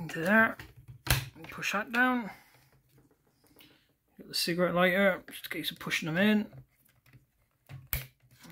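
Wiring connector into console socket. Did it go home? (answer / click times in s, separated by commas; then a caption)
yes / 7.9 s. During centre console reassembly on a Land Rover Discovery 4, a wiring plug near the cigarette lighter is pushed into its console socket while someone talks. After quieter handling noises, the connector clicks in sharply at 7.9 s and is seated.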